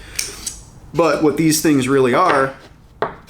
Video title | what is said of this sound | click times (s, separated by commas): Diablo 16-Piece ELECTRICIAN'S HOLESAW KIT | in place and you're good to go you stick your bit in there and locks in place but what | 0.2 s